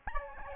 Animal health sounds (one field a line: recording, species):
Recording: mosquito wingbeat signal from an infrared sensor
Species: Aedes albopictus